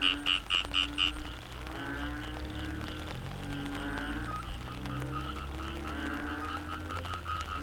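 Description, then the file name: Frogs: four loud bright croaks open, then a softer tangle of overlapping croaking and droning calls continues. Frogs in the Cherating wetlands, Malaysia. "yamaha frogs cherating wetlands"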